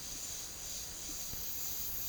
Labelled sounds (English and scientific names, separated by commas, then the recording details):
none
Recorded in secondary vegetation near Puerto Asís, Putumayo, Colombia, on 24 March 2025 at 14:00
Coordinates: 0.489, -76.322
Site G042